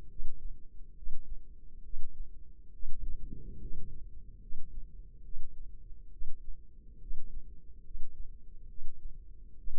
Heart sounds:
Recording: heart sounds by microphone in the left ear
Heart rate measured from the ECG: 70 bpm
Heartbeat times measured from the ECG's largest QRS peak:
0.10 s: heartbeat
0.97 s: heartbeat
1.84 s: heartbeat
2.73 s: heartbeat
3.61 s: heartbeat
4.42 s: heartbeat
5.24 s: heartbeat
6.12 s: heartbeat
7.01 s: heartbeat
7.85 s: heartbeat
8.69 s: heartbeat
9.58 s: heartbeat
From the record:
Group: healthy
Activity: rest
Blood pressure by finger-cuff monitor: 142/88 mmHg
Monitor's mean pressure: 102 mmHg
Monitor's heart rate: 69 bpm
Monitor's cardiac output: 7.5 L/min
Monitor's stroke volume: 109 mL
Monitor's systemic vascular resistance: 990 dyn s/cm5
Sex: male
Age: 30 years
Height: 188 cm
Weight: 110.2 kg

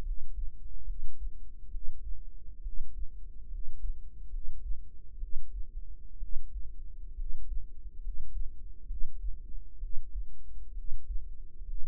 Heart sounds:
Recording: heart sounds by microphone in the right ear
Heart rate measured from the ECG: 67 bpm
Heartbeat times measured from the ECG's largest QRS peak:
0.00 s: heartbeat
0.84 s: heartbeat
1.68 s: heartbeat
2.60 s: heartbeat
3.47 s: heartbeat
4.28 s: heartbeat
5.17 s: heartbeat
6.16 s: heartbeat
7.13 s: heartbeat
7.98 s: heartbeat
8.84 s: heartbeat
9.77 s: heartbeat
10.72 s: heartbeat
11.62 s: heartbeat
From the record:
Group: healthy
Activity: rest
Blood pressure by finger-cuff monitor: 115/74 mmHg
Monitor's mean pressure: 86 mmHg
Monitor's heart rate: 69 bpm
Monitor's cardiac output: 5.5 L/min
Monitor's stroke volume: 80 mL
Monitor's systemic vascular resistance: 1140 dyn s/cm5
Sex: female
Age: 22 years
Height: 171 cm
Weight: 65.6 kg

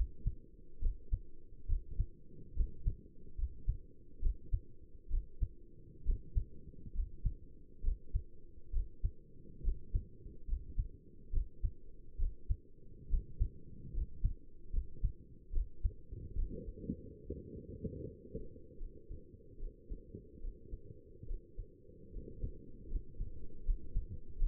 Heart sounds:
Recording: heart sounds by stethoscope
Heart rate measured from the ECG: 71 bpm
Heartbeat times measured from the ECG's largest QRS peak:
0.82 s: heartbeat
1.69 s: heartbeat
2.56 s: heartbeat
3.38 s: heartbeat
4.22 s: heartbeat
5.11 s: heartbeat
6.06 s: heartbeat
6.95 s: heartbeat
7.84 s: heartbeat
8.73 s: heartbeat
9.64 s: heartbeat
10.48 s: heartbeat
11.33 s: heartbeat
12.19 s: heartbeat
13.10 s: heartbeat
13.94 s: heartbeat
14.73 s: heartbeat
15.53 s: heartbeat
16.36 s: heartbeat
17.25 s: heartbeat
18.05 s: heartbeat
18.80 s: heartbeat
19.60 s: heartbeat
20.42 s: heartbeat
21.28 s: heartbeat
22.13 s: heartbeat
22.90 s: heartbeat
23.66 s: heartbeat
24.39 s: heartbeat
From the record:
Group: healthy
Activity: rest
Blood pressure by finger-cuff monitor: 80/55 mmHg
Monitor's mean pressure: 63 mmHg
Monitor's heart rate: 71 bpm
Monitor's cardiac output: 6 L/min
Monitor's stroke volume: 86 mL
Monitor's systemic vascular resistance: 740 dyn s/cm5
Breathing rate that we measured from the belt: 16 breaths a minute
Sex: male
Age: 22 years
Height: 181 cm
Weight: 79 kg

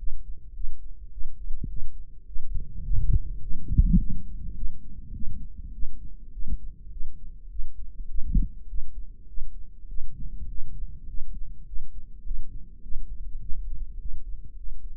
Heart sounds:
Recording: heart sounds by microphone in the right ear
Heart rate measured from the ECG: 103 bpm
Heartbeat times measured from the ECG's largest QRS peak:
0.56 s: heartbeat
1.13 s: heartbeat
1.71 s: heartbeat
2.28 s: heartbeat
2.86 s: heartbeat
3.43 s: heartbeat
4.01 s: heartbeat
4.58 s: heartbeat
5.16 s: heartbeat
5.75 s: heartbeat
6.35 s: heartbeat
6.93 s: heartbeat
7.52 s: heartbeat
8.11 s: heartbeat
8.70 s: heartbeat
9.30 s: heartbeat
9.90 s: heartbeat
10.50 s: heartbeat
11.10 s: heartbeat
11.68 s: heartbeat
12.26 s: heartbeat
12.84 s: heartbeat
13.42 s: heartbeat
14.01 s: heartbeat
14.59 s: heartbeat
From the record:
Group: healthy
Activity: rest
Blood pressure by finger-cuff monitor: 162/75 mmHg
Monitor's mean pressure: 98 mmHg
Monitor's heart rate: 103 bpm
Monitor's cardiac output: 9.4 L/min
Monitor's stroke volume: 91 mL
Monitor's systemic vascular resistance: 770 dyn s/cm5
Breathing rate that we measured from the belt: 15 breaths a minute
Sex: male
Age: 21 years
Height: 175 cm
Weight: 72.6 kg

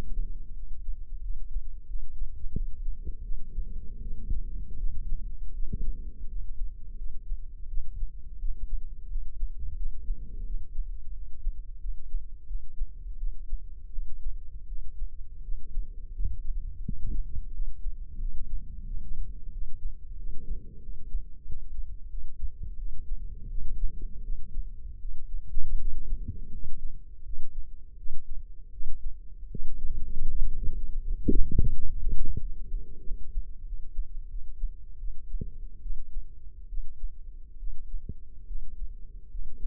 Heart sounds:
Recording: heart sounds by microphone in the left ear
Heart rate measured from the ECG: 84 bpm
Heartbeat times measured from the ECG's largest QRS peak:
0.53 s: heartbeat
1.20 s: heartbeat
1.86 s: heartbeat
2.52 s: heartbeat
3.22 s: heartbeat
4.00 s: heartbeat
4.76 s: heartbeat
5.52 s: heartbeat
6.26 s: heartbeat
6.96 s: heartbeat
7.67 s: heartbeat
8.37 s: heartbeat
9.07 s: heartbeat
9.75 s: heartbeat
10.44 s: heartbeat
11.12 s: heartbeat
11.79 s: heartbeat
12.45 s: heartbeat
13.17 s: heartbeat
13.90 s: heartbeat
14.66 s: heartbeat
15.41 s: heartbeat
16.13 s: heartbeat
16.83 s: heartbeat
17.51 s: heartbeat
18.18 s: heartbeat
18.84 s: heartbeat
19.50 s: heartbeat
20.16 s: heartbeat
20.80 s: heartbeat
21.44 s: heartbeat
22.08 s: heartbeat
22.76 s: heartbeat
23.48 s: heartbeat
24.22 s: heartbeat
24.99 s: heartbeat
25.77 s: heartbeat
26.51 s: heartbeat
27.24 s: heartbeat
27.96 s: heartbeat
28.71 s: heartbeat
29.49 s: heartbeat
30.26 s: heartbeat
31.01 s: heartbeat
31.72 s: heartbeat
32.39 s: heartbeat
33.03 s: heartbeat
33.64 s: heartbeat
34.28 s: heartbeat
34.98 s: heartbeat
35.81 s: heartbeat
36.67 s: heartbeat
37.58 s: heartbeat
38.45 s: heartbeat
39.29 s: heartbeat
From the record:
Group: healthy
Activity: cold pressor test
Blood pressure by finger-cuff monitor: 117/84 mmHg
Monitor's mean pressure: 97 mmHg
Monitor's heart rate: 85 bpm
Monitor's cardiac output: 5.8 L/min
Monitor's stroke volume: 69 mL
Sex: male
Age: 35 years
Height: 178 cm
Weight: 64 kg

